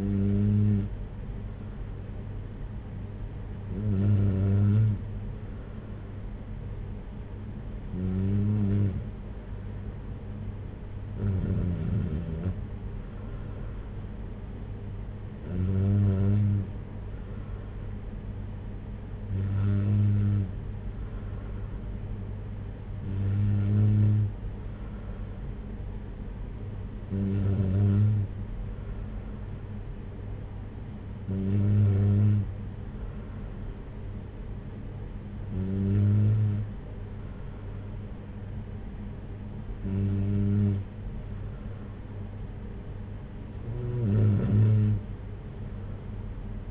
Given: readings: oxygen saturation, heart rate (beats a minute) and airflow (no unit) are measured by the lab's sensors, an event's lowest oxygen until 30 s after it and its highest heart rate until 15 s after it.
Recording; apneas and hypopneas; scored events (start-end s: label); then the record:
breathing in sleep by a smartphone at the bedside; none
none scored
From the record:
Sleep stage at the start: N3 (deep sleep); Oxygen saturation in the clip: 93 to 94%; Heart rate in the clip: 56 to 61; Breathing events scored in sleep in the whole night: 226 in 8.8 hours asleep